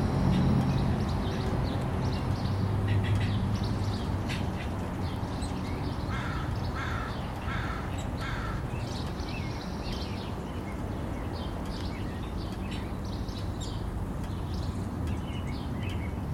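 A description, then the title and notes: Backyard ambience with a steady low rumble underneath, scattered bird calls, and a short run of crow-like caws around the middle. Recorded in our backyard.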